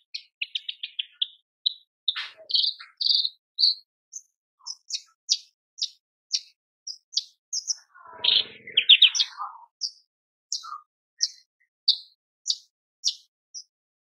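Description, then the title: Horsfield's bush lark delivering quick high ticking notes in series, a harsh descending buzzy phrase around eight to nine seconds, then evenly spaced sharp chips. Masteran recording for training cage birds; described as super gacor (persistent, energetic singing). "MASTERAN AMPUH KICAUAN BRANJANGAN SUPER GACOR"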